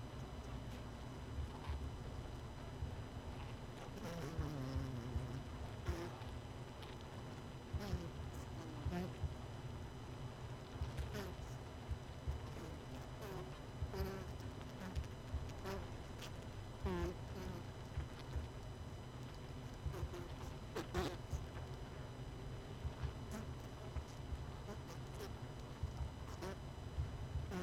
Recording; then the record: honeybee colony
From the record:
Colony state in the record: missing queen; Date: 31 May 2018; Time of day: 20:23